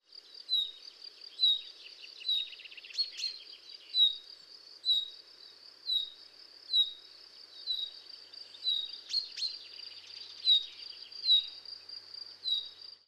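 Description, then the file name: Common chaffinch calls: short, sharp downslurred notes repeated about once a second, over a steady high hum. "Fringilla coelebs"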